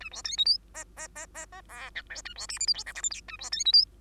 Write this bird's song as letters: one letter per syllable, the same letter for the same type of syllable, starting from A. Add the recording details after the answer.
A B C D E F F F F F G H I A B J K L M N O P Q A B C D E. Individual Bird2